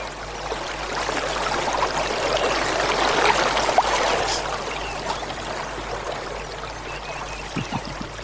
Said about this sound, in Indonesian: Pemuda pendekar dari Gua Larang itu tersenyum di atas sampan sambil matanya jauh memandang ke muka. Tanpa sedikit pun menghiraukan sampannya yang dibawa arus sungai Cipunagara.